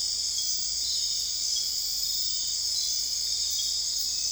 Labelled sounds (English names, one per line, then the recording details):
none
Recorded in dense forest near Puerto Asís, Putumayo, Colombia, on 21 December 2024 at 00:30
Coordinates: 0.485, -76.318
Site GP03